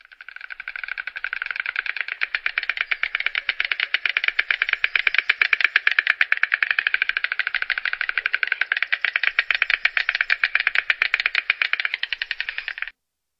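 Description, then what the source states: White stork bill-clattering: a rapid, dry wooden rattle held steadily for about thirteen seconds, then stopping abruptly. Recorded at Saint-Vivien.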